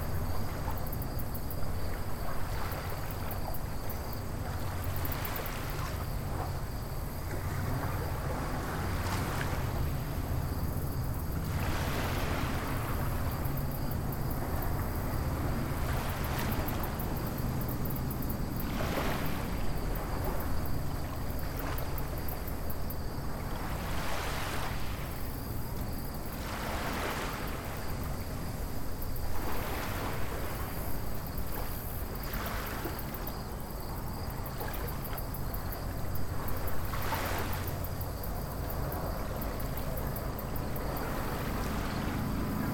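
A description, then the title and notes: A vehicle idles steadily beside a lake, its low rumble constant while brighter splashes of waves wash in every few seconds. Idling Next to Lake Erie and Inscription Rock. Standing and thinking next to Lake Erie and the beautiful Inscription Rock in Ohio.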